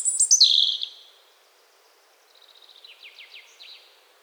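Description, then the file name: European robin song: a loud, high tumbling phrase, a pause, then a soft series of quick, thin descending notes. "Erithacus rubecula"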